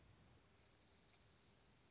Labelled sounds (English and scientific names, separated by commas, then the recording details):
Dark-eyed Junco (Junco hyemalis)
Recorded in Sonoma County, California